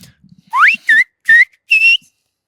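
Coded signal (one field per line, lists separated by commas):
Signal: whistled language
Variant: Silbo Gomero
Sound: four short gliding whistled syllables, rising then level, like a phrase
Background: faint low background noise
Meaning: A greeting: good afternoon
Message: Buenas tardes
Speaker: acabamos de escuchar un saludo en silvo gomero que ha hecho el compañero Diego ha dicho Buenas tardes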